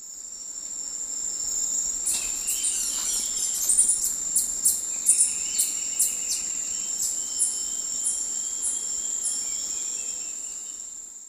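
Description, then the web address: White-tipped sicklebill uttering a run of sharp, very high-pitched chips over a constant loud insect whine. Recorded in Ecuador. "Birds of Ecuador. White-tipped Sicklebill"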